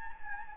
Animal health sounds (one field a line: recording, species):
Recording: mosquito wingbeat signal from an infrared sensor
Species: Anopheles gambiae